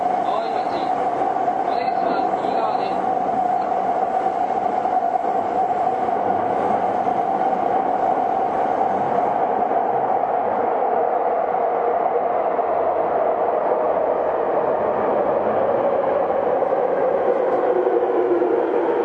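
Onboard a Tokyo Waterfront Area Rapid Transit 70-000 series train running from the JR Saikyo Line onto the Rinkai Line, a steady, dense rumble of wheels and motor fills the ride. A sustained mid-pitched whine holds level, then slowly drops in pitch near the end. Faint voices and brief chirps appear early on.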